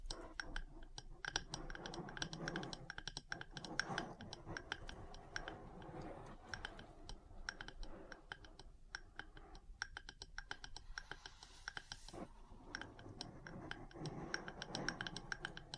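Metal parts tap and scratch in a busy, uneven stream of sharp clicks and clinks, with brief pauses and softer scraping between.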